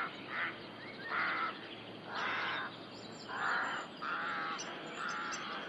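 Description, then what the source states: Rook calls: short raucous caws repeated about once a second, with faint high twitters behind. Rook colony (rookery) in the UK.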